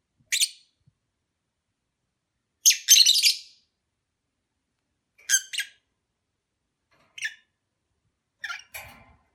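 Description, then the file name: Lovebird calls: harsh shrill chattering bursts and short squeaks at intervals of a few seconds, the last burst joined by a faint low rustle. Mating ritual sounds, during courtship. "suara ritual kawin lovebird omkicau"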